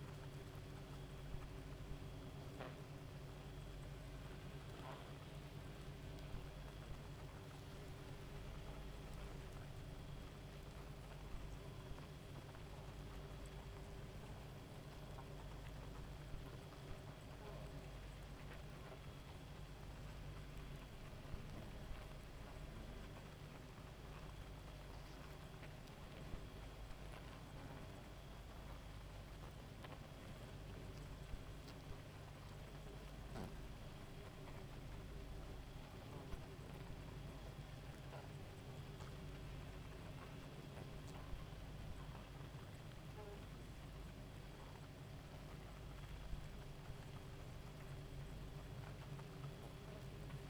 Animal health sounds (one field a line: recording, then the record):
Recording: honeybee colony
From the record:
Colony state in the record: active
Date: 28 July 2017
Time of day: 1:42